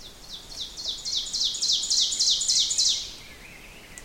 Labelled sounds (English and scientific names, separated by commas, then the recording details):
Ovenbird (Seiurus aurocapilla) song
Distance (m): 20 m
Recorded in boreal forest in Alberta, Canada, on 6 June 2016 at 08:52
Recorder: SongMeter 3, array SBT-3-51
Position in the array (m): 242 m, 149 m
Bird 28